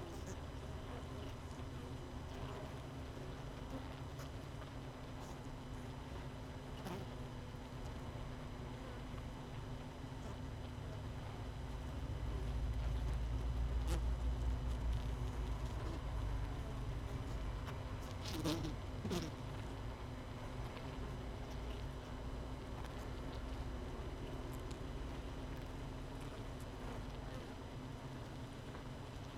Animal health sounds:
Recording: honeybee colony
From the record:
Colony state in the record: missing queen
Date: 31 May 2018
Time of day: 18:03

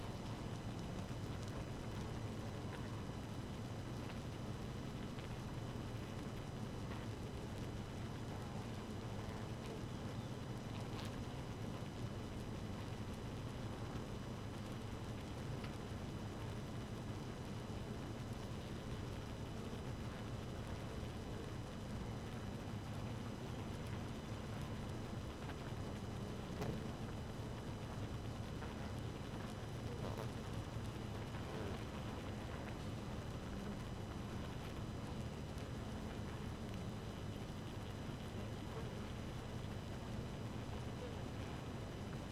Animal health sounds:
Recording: honeybee colony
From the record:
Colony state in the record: active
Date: 12 June 2018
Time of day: 5:10

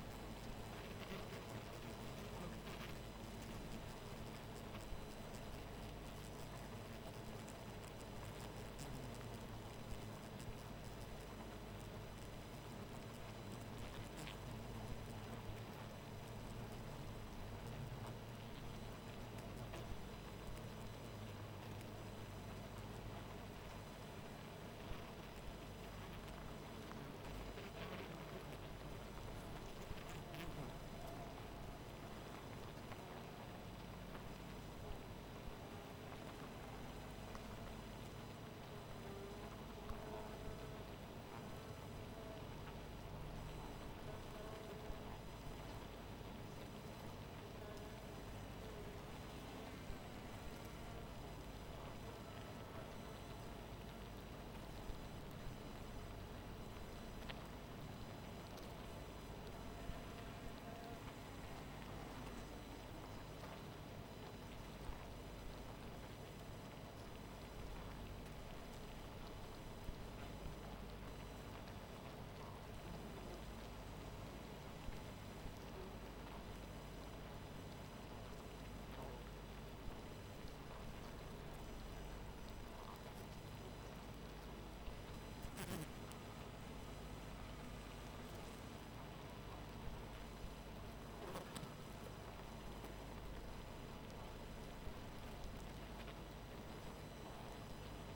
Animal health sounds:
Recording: honeybee colony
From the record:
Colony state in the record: missing queen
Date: 14 July 2017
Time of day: 0:16

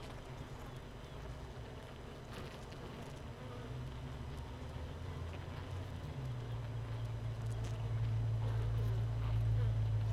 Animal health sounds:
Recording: honeybee colony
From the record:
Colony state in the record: missing queen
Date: 31 May 2018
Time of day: 15:12

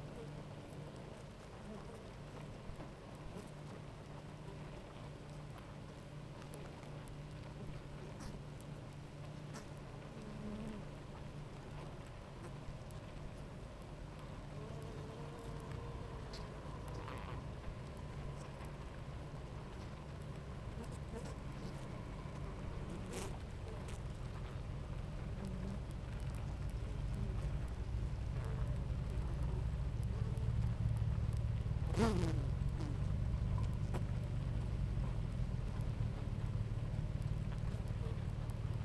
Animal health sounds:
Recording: honeybee colony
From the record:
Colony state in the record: active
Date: 28 July 2017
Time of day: 10:16

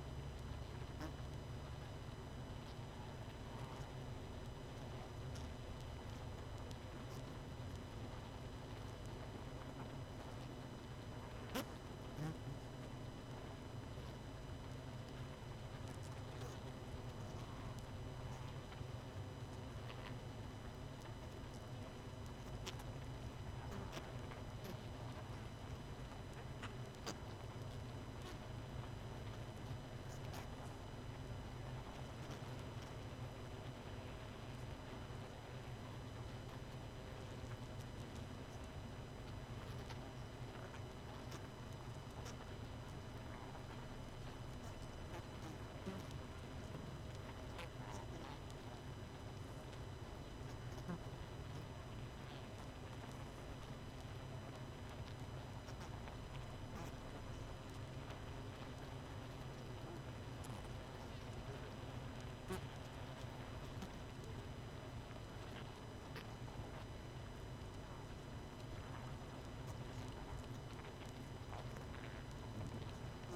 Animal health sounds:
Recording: honeybee colony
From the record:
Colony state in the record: missing queen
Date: 31 May 2018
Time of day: 21:07

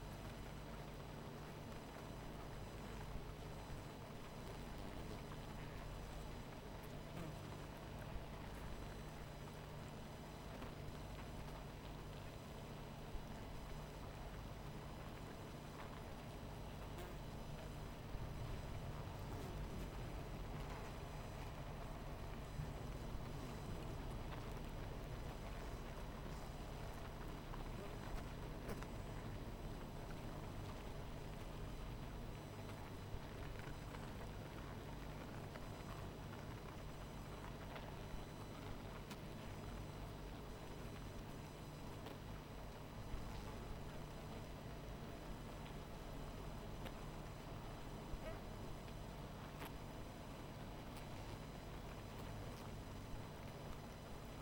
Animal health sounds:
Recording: honeybee colony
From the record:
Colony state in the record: missing queen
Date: 14 July 2017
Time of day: 19:15

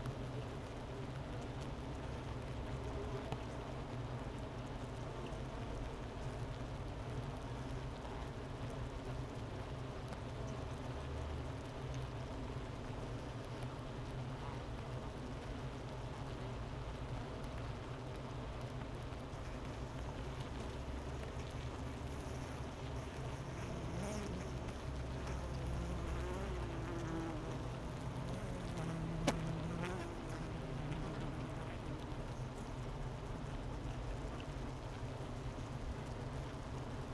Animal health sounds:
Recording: honeybee colony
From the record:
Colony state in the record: missing queen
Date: 31 May 2018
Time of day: 11:24

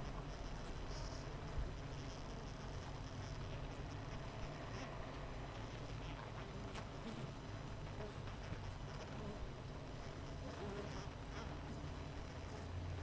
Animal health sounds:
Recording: honeybee colony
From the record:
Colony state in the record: missing queen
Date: 14 July 2017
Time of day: 7:40

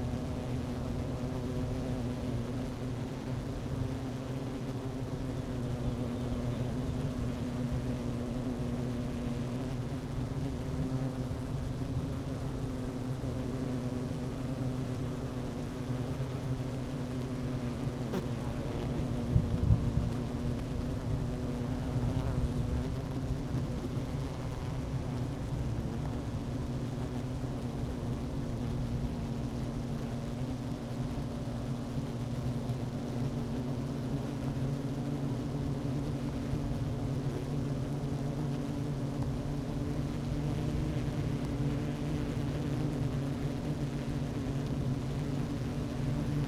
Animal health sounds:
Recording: honeybee colony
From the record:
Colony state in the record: active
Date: 12 June 2018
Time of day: 11:48

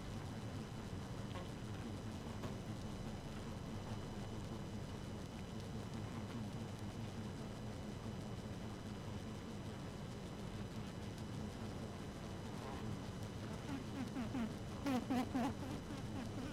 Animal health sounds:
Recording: honeybee colony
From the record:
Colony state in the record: active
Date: 12 June 2018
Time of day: 0:43

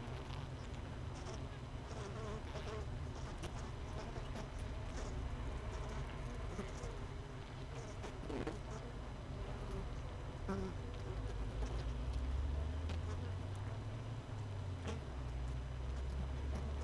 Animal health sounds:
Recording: honeybee colony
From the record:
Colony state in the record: missing queen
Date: 31 May 2018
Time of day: 16:44

